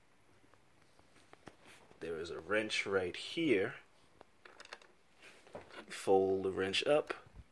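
Someone talks while handling the folding-stem locking clip of a 2023 XPRIT 6-inch folding adult electric kick scooter, with the wrench lever on the folding mechanism being folded up. Faint ticks and taps of handling are heard between the talk. Nothing has seated or clicked into place yet.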